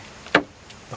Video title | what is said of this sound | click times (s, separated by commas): Replace rotted, rusty JEEP WJ WINDOW SILLS (Also, how to remove WJ door panel) | I hear it click as you're going around that's really all there is to it | 0.3 s